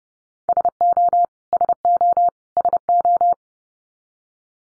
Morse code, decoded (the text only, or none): SO SO SO